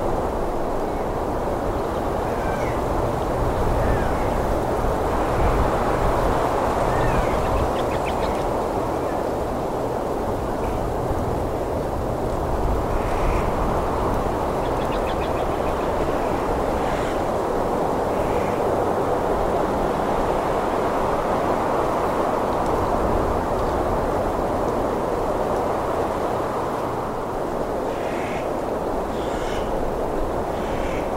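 Wind roars steadily through leaves and branches, a dense, low rushing sound that holds the same level for the whole half minute. Faint, high bird chirps break through now and then, most noticeably near the start and again toward the end.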